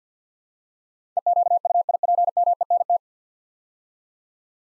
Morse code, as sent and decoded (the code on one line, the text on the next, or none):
. --.- ..- .. .--. -- . -. -
EQUIPMENT